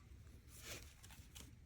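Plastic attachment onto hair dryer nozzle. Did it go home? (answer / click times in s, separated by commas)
yes / 1.4 s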